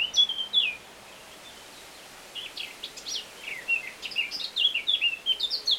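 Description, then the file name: Eurasian blackcap warbling song: quick, varied chattering notes and short whistles in bursts, a brief pause, then a faster jumbled run of notes. "Sylvia atricapilla"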